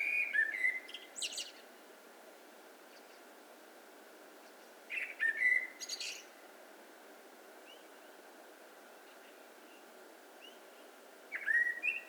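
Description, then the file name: Eurasian blackbird giving three song phrases of fluty whistles and sharp, high chittering, with long silences between; the last is cut off at the end. "Turdus merula"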